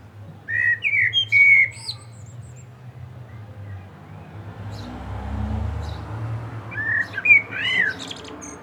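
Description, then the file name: Common blackbird delivering two rich, whistled phrases with squeaky high endings, with a low rumbling noise swelling between them. "Turdus merula"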